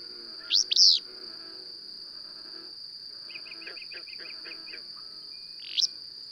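Bird song: a loud sweeping double phrase, a quick string of short chirps in the middle, then a brief high note, over a constant high hum.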